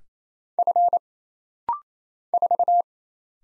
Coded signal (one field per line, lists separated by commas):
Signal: Morse code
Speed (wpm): 27 wpm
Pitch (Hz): 700 Hz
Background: none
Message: F 4